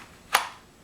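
A subcompact single-stack 9mm pistol is pushed into a Kydex-style concealed-carry tuck holster and snaps home with one sharp click at 0.4 s. The brief, bright click rises out of a quiet background and fades quickly, leaving the pistol seated in the holster.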